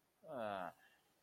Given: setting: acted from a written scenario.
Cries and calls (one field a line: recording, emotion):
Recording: vocal sound without words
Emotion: neutral